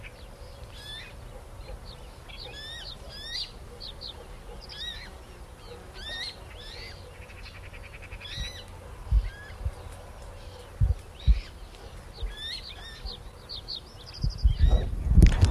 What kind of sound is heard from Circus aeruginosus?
call